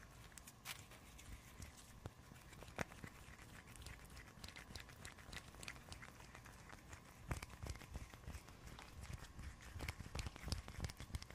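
Icy, frozen crackles and crunches fill the clip as a steady, dense stream of sharp little clicks and snaps over a low rumbling bed. A few louder cracks stand out near 1, 3 and 7 seconds, and the snapping grows busier toward the end.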